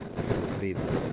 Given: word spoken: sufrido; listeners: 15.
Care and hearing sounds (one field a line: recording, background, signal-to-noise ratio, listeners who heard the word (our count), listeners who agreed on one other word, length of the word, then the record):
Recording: one Spanish word in noise, from a listening test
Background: noise modulated by three-talker babble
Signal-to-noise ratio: -5.0 dB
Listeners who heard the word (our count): 2 of 15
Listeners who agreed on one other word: 11 of 15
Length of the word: 0.73 s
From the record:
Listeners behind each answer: 11, 2, 1, 1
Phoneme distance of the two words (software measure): 17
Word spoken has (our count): 3 syllables, 7 phonemes, stress on syllable 2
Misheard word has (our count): 2 syllables, 6 phonemes, stress on syllable 2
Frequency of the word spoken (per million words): 31.47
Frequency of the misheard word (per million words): 31.29